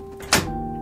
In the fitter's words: that Hub magnetically clicks itself in place